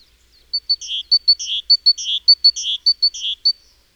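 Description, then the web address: Great tit calling: a steady run of paired thin, high clipped notes, each pair followed by a harsh buzzy note, repeated about five times in quick rhythm. "SETE Parus major"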